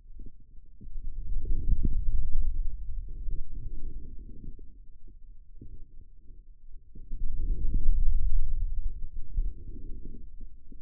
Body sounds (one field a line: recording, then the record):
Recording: forearm muscle sounds (acoustic myography)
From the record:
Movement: hand closing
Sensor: system 2, bracelet of six BSWA MPA416 microphones around the upper forearm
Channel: 6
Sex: male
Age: 22 years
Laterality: right